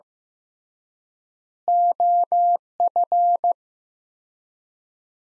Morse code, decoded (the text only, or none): OF